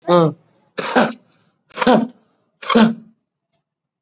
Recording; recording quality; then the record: shallow voluntary cough; excellent, no background noise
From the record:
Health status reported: COVID-19 positive, mild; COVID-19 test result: positive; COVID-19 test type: RT-PCR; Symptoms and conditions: cough, cold, fever, fatigue, muscle pain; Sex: male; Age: 48 years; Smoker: no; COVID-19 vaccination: both doses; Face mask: worn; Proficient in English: yes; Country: India